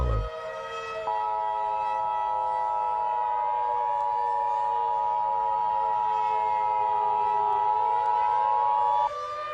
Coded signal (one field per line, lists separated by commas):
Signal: Emergency Alert System (SAME) tones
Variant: 853 and 960 Hz attention tone